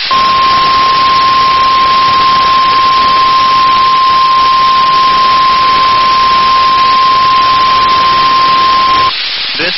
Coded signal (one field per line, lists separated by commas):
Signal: Emergency Alert System (SAME) tones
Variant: 1050 Hz attention tone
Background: speech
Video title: EAS North Carolina Statewide Tornado Drill NOAA Weather Radio